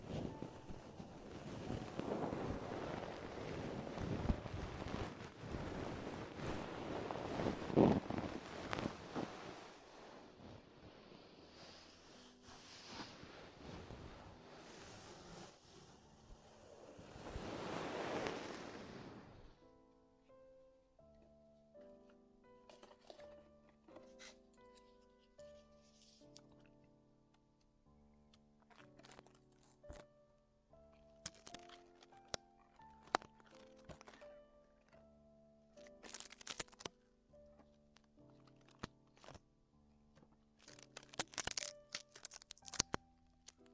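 Ear exploration with dense, rushing rubbing and swishing for twenty seconds, then quieter sparse taps and scratches over soft tonal notes.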